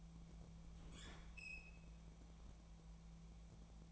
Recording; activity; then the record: daily activity, microphone in the room; open fridge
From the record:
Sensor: 1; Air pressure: 1000.2 hPa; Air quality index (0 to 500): 135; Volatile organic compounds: 2 ppm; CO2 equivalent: 1276 ppm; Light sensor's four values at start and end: 37/94/39/48 and 37/94/39/48